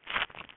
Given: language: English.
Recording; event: throat vibration sensor signal played as sound; swallow